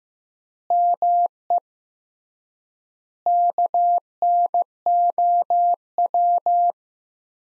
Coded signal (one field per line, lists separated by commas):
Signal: Morse code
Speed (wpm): 16 wpm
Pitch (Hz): 700 Hz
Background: none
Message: ME KNOW